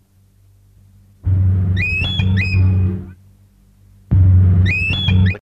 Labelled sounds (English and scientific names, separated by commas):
Black Eagle (Ictinaetus malayensis) call